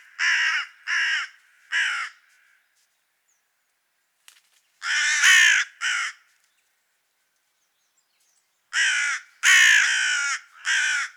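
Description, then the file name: Carrion crow cawing in three groups of harsh notes, separated by pauses of a few seconds, with a faint click between. "Corvus corone"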